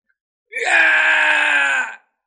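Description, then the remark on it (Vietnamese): Vương Đằng and a phantom figure cry out loudly together, a sustained cry of about one and a half seconds, steady and strained, with layered voices blending into a single harsh shout that cuts off abruptly. “Vương Đằng cùng hư ảnh kia cùng nhau kêu to.”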